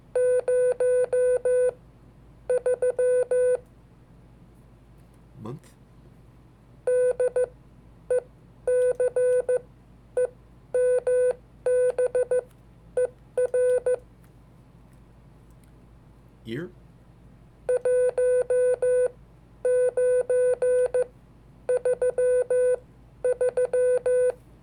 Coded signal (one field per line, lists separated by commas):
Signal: Morse code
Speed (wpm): 14 wpm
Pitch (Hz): 500 Hz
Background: speech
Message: 03 DECEMBER 1933